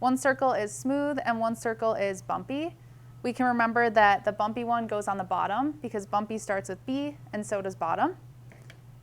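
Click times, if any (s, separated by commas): 8.5 s, 8.7 s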